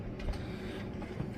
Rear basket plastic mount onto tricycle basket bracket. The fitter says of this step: and it's going to lock into place so the basket can now not come off